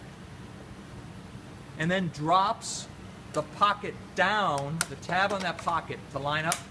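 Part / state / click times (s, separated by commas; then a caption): two-part plastic rivet clip in a pocket tab hole / not seated / none. A nested two-part plastic rivet clip is fed into the hole in a pocket tab and lined up before it is pressed home, while someone talks over low steady background noise. Nothing has seated or clicked yet.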